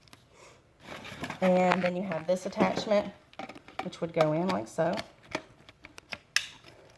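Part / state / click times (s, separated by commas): short wand attachment into cordless stick vacuum body / seated / 6.4 s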